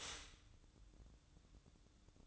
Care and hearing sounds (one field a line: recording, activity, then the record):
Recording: daily activity, microphone in the room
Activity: stop toaster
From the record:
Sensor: 3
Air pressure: 1007.1 hPa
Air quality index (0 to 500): 54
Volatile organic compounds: 1 ppm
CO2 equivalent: 590 ppm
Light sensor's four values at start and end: 8/18/7/7 and 8/18/7/7